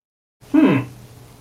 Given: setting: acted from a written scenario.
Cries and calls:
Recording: vocal sound without words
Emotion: interest

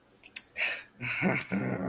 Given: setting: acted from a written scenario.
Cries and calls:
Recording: vocal sound without words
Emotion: realization

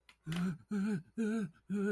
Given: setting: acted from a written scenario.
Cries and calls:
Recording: vocal sound without words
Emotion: distress

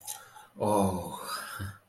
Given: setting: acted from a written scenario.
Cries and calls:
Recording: vocal sound without words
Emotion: ecstasy

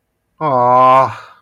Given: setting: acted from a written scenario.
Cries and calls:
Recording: vocal sound without words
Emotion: disappointment

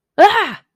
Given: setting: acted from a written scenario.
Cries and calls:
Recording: vocal sound without words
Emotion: fear

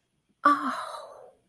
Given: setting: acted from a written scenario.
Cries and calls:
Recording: vocal sound without words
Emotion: awe

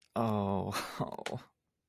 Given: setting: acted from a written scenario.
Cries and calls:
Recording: vocal sound without words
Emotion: embarrassment

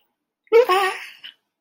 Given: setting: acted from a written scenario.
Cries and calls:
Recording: vocal sound without words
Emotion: fear

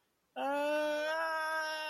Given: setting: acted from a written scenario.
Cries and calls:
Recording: vocal sound without words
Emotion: pain

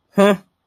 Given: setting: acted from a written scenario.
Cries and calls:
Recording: vocal sound without words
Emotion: contempt

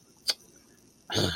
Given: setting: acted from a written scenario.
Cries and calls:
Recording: vocal sound without words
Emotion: contempt

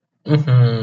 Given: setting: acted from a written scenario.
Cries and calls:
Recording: vocal sound without words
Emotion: elation

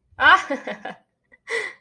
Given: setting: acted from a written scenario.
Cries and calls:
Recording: vocal sound without words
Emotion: elation

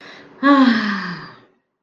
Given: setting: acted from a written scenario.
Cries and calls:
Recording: vocal sound without words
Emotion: relief

